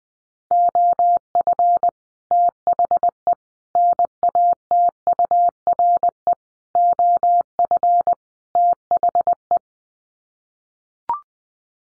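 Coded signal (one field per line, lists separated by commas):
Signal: Morse code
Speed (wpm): 20 wpm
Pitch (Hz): 700 Hz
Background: none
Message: OF THE NATURE OF THE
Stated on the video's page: Morse practice at 20 wpm: sets of five common English words sent for head-copy, each sent, then spoken, then sent again.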